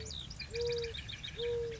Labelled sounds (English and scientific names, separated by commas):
Mourning Dove (Zenaida macroura)